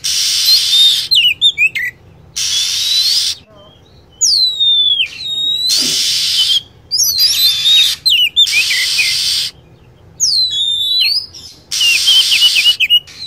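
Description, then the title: Lovebird calls, sharp high chirps sweeping downward in fast clusters, alternating with hissing blocks roughly every second or two. Lure recording used to attract lovebirds. "PIKAT BURUNG LOVEBIRD"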